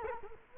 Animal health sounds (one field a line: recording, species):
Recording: mosquito wingbeat signal from an infrared sensor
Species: Culex quinquefasciatus